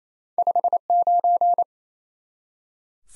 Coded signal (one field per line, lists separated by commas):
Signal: Morse code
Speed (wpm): 36 wpm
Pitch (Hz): 700 Hz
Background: none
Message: 59